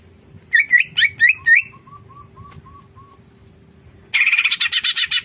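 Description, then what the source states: Greater green leafbird song: four bright whistled phrases, then softer low whistled notes, followed by a long, loud, rapidly pulsing buzzy chatter. Greater green leafbird singing vigorously (gacor).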